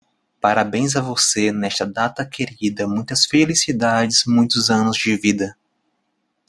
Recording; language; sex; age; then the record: short text; Brazilian Portuguese; male; 20 to 29 years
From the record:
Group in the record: control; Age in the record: 27 years